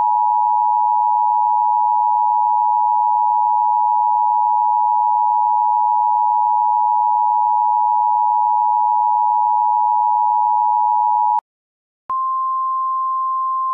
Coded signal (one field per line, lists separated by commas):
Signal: Emergency Alert System (SAME) tones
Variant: 853 and 960 Hz attention tone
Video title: EAS Classic: The EAS Interrupts Microsoft Mike Reads Computer Errors - Part 4